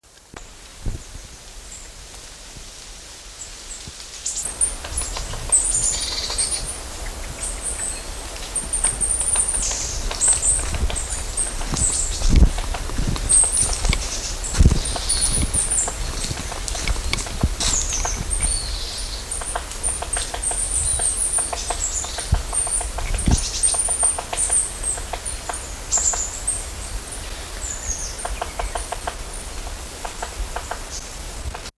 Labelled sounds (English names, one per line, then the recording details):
Great Spotted Woodpecker
Great Tit
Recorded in the wild
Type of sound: pecking
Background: Parus major
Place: Großer Klobichsee, Märkische Schweiz, Brandenburg, DE
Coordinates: 52.55, 14.1167
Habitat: forest
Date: 1999-09-23 15:39
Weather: bedeckt, 19°C
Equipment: Sony WM-D6C, Sennheiser ME 80, Kopie Uher 4000 Report Monitor
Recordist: Tembrock, Günter
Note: Waldgebiet, Bruchlandschaft. Nahrungshämmern an Buche (im Hintergrund: Kohlmeise u.a.), am Großen Klobichsee